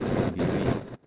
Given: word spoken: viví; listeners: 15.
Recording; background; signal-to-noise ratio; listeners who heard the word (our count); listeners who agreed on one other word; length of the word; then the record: one Spanish word in noise, from a listening test; noise modulated by one talker; -7.1 dB; 2 of 15; 7 of 15; 0.67 s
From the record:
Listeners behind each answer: 7, 2, 1, 1, 1, 1, 1, 1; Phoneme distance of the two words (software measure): 7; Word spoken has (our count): 2 syllables, 4 phonemes, stress on syllable 2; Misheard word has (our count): 2 syllables, 5 phonemes, stress on syllable 2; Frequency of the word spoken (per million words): 4.18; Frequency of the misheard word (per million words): 123.34